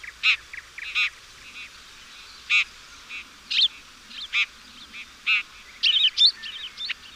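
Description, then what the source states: Bird calls: rich, harmonic notes given singly every second or so, ending in a quick jumble of higher chirps. Chirping bird song meant for training pet birds.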